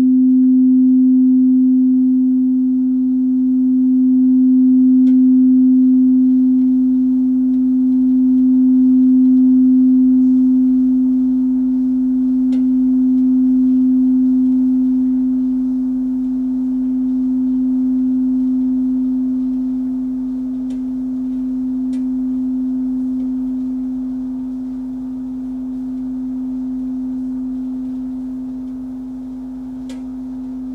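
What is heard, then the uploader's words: A sound bath: one low, sustained bowl-like tone hums through the whole stretch, its loudness swelling and fading in slow, even waves. Faint higher overtones shimmer above it, and a few brief ticks or taps break in sparsely, around the fifth, twelfth and twenty-first seconds. Relaxing sound bath.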